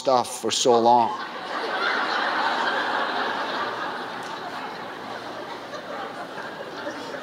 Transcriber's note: laughter